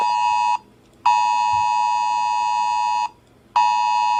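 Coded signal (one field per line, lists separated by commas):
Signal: Emergency Alert System (SAME) tones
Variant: 853 and 960 Hz attention tone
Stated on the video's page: Self-made simulated alarm.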